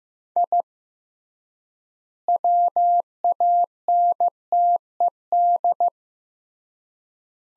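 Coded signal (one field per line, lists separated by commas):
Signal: Morse code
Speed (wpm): 15 wpm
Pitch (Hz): 700 Hz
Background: none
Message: I WANTED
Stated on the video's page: Morse practice of three-word sets at 15 wpm with 3x word spacing, a Farnsworth-like method applied to words, followed by spoken answers.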